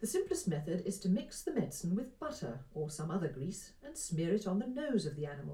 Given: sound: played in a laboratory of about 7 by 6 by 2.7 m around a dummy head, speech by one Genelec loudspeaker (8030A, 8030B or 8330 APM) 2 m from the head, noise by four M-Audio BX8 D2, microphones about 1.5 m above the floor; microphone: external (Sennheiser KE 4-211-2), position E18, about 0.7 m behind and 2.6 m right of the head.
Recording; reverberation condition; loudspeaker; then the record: female speech in English; low; 120 degrees to the left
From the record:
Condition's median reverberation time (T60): about 310 ms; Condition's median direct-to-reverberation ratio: about 3.5 dB